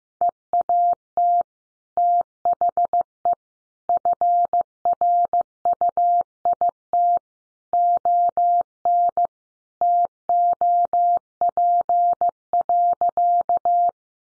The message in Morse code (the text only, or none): EAT THE FRUIT ON TOP.